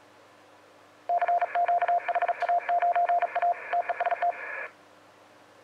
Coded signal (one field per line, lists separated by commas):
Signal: Morse code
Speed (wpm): 37 wpm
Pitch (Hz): 700 Hz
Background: radio noise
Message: CQ HA9A TEST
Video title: 2019-01-19 20:15 7028 kHz A1B HA9A